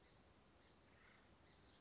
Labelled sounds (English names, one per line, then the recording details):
Acorn Woodpecker
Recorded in Sonoma County, California